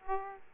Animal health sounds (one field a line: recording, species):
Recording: mosquito wingbeat signal from an infrared sensor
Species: Aedes aegypti